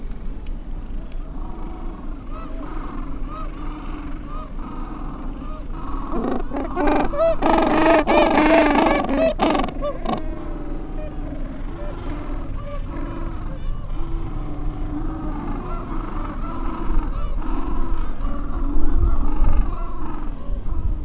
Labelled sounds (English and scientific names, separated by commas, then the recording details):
Gentoo Penguin (Pygoscelis papua)
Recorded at the colony at Yankee Harbour, Antarctica, on 7 December 2015
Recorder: Song Meter SM2+